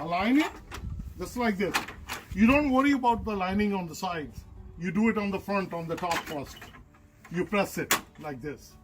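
Someone talks while aligning the plastic front grille of a Chevrolet Trailblazer at the front and pressing it onto its top post clip on the body mounting post, during a swap of the headlights to LED bulbs. Between bursts of speech there are only soft handling sounds of the grille being positioned and pressed. Nothing has seated or clicked yet.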